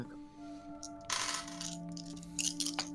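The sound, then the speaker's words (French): Four dice clatter onto a hard surface in a sudden rattling burst, followed by a few sharper clicks as they settle, over a faint steady hum. “Je ne jette que 4 dés.”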